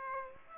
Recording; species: mosquito wingbeat signal from an infrared sensor; Aedes aegypti